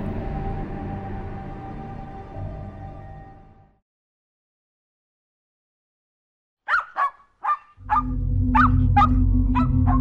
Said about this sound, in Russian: Крюгер встретил меня радостным лаем.